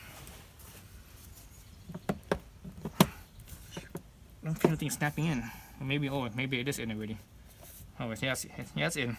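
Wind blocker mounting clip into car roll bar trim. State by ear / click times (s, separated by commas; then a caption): not seated / none. A wind blocker's mounting clips are pressed into the roll-bar trim of an ND Miata convertible, with sharp knocks and taps around 2.1, 2.3 and 3.0 seconds. Someone talks through the second half of the clip. The clip has not snapped in or seated yet.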